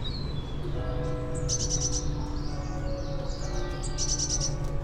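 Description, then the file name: Eurasian blue tit giving two brief, high, rapid trills amid faint chirps, with loud low rumbling noise and humming tones throughout. "Cyanistes caeruleus"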